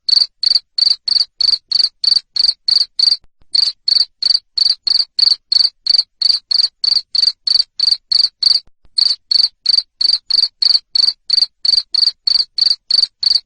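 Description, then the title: Cricket chirping persistently, high bright pulses at around three per second, with two short pauses in an otherwise unbroken rhythm. Loud cricket chirping used to stimulate lovebirds into continuous chattering song. "Suara JANGKRIK NGERIK Keras Bikin LOVEBIRD Jadi NGEKEK Terus"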